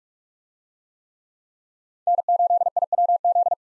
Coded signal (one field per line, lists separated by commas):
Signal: Morse code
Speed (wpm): 42 wpm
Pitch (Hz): 700 Hz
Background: none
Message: N8IWZ